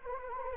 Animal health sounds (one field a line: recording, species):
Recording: mosquito wingbeat signal from an infrared sensor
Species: Anopheles gambiae